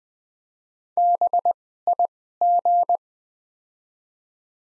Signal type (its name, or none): Morse code